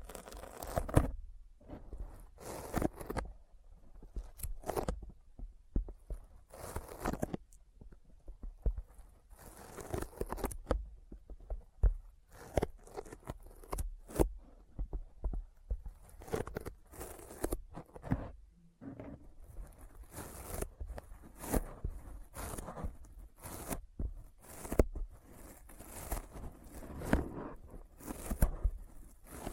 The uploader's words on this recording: ASMR Intense Sticky Finger Sounds (No Talking).